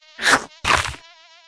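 Tapir giving a wavering, squeaky whistle, broken by two loud, harsh bursts of noise.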